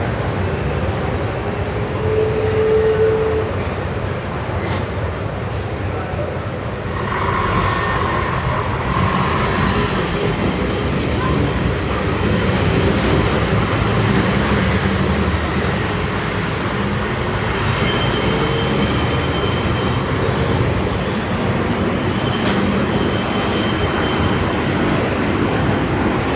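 Evening traffic on Via Moscova in Milan forms a steady, dense rumble, with passing vehicle whines rising around seven seconds and again near twenty.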